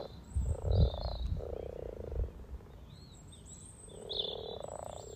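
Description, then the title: Frogs purring in a few rolling bursts, with birds calling high above and low rumbling thumps early on. About 20 frogs in a sunny garden pond, some floating, some on fresh frog spawn; chorus welcoming arriving females; Freshfield, Formby, Merseyside, UK; sunny spring day, 17 March 2023. "Frog Chorus Spring sounds first Lunch outside St Patrick’s day 17 March 2023 . Freshfield, Formby"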